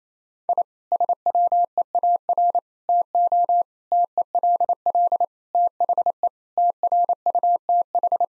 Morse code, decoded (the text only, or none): I SWEAR TO TELL THE TRUTH